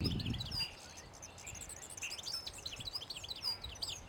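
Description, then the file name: Canary song, a run of quick high chirps and short slurred whistles in varied notes, with a brief low rumble at the start. "Canary Voice"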